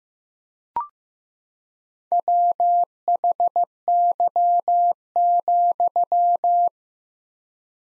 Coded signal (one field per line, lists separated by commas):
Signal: Morse code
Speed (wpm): 16 wpm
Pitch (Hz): 700 Hz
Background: none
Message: WHY,